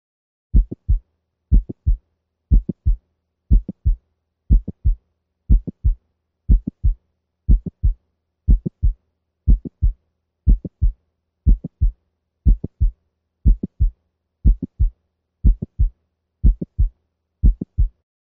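Simulated dog heart sounds with a mid-systolic click, heard over the valve region at 60 beats per minute, with a regular lub-click-dup cadence.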